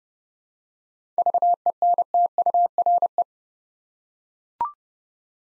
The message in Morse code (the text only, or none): VENTURE